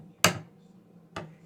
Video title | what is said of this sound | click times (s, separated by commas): NEW Cricut Explore 5 + Universal Pens, Review & Project | And we'll snap it in again. Listen for this sound. | 0.2 s